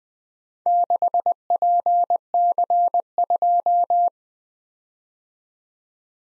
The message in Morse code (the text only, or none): 6PC2